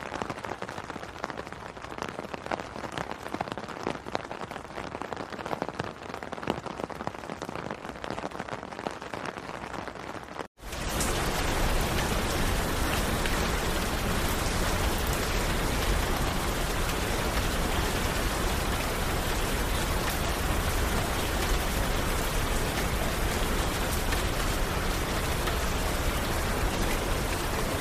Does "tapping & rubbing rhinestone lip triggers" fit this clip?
no